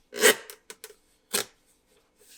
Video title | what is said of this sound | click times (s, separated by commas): Hidden Storage Compartment for Tesla Model 3 & Y - How To Install | and just keep pushing until you hear some clicks | 0.7 s, 0.8 s, 1.4 s